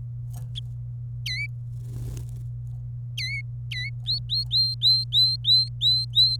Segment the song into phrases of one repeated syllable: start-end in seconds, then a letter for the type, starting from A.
1.26-1.46 A, 3.18-3.41 A, 3.71-3.89 A, 4.07-6.36 B